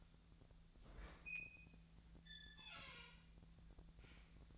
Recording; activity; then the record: daily activity, microphone in the room; open fridge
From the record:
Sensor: 3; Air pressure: 1009.7 hPa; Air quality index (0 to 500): 192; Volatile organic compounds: 15 ppm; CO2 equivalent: 2500 ppm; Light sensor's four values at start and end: 37/92/39/42 and 37/93/40/42